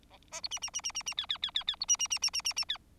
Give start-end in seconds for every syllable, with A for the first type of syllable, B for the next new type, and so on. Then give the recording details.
0.10-0.17 A, 0.31-0.41 B, 0.43-0.48 C, 0.51-0.59 D, 0.62-0.70 D, 0.73-0.81 D, 0.83-0.92 D, 0.94-1.03 D, 1.06-1.14 D, 1.17-1.26 E, 1.29-1.38 E, 1.42-1.51 E, 1.54-1.64 E, 1.67-1.76 E, 1.80-1.85 C, 1.88-1.97 D, 1.99-2.07 D, 2.10-2.19 D, 2.22-2.30 D, 2.33-2.42 D, 2.44-2.53 D, 2.56-2.65 D, 2.69-2.77 E. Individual Bird4